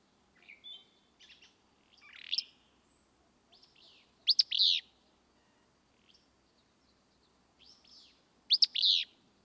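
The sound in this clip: Willow flycatcher song, a sharp buzzy two-part sneeze given three times a few seconds apart, with soft chips and twitters between.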